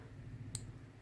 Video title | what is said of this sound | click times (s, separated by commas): Composite EnerJoe Reviews: Transformers Thrilling 30 Deluxe Minicon Assault Team | you hear a click here like a soft click so bring that down pull | 0.6 s